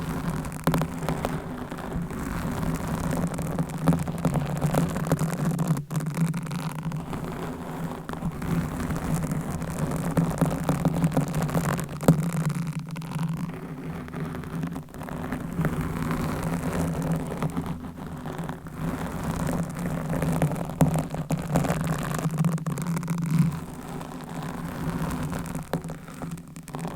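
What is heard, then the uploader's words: Dense scratching and tapping on surfaces runs steadily throughout, with a low hum underneath and occasional sharper clicks and brief pauses. ASMR Scratching , Tapping & Massage with DIFFERENT Mics , Items & Nails No Talking.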